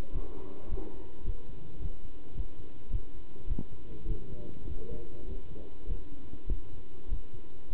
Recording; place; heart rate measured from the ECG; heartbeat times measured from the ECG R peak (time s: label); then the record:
heart sounds by stethoscope; between the tricuspid and mitral areas; 103 bpm
0.13 s: heartbeat
0.70 s: heartbeat
1.25 s: heartbeat
1.80 s: heartbeat
2.35 s: heartbeat
2.91 s: heartbeat
3.48 s: heartbeat
4.06 s: heartbeat
4.67 s: heartbeat
5.27 s: heartbeat
5.87 s: heartbeat
6.48 s: heartbeat
7.09 s: heartbeat
7.71 s: heartbeat
From the record:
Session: pedaling a stationary bicycle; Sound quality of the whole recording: good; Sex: male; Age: 27 years